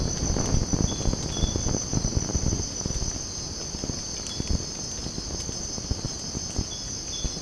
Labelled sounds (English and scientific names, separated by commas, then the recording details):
none
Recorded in secondary vegetation near Puerto Asís, Putumayo, Colombia, on 19 March 2025 at 04:00
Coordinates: 0.481, -76.318
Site G097